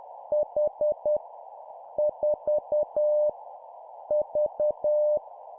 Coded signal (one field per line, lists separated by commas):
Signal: Morse code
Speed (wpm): 10 wpm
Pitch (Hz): 600 Hz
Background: none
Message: H 4 V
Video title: 10wpm Random Letter Number, learning morse code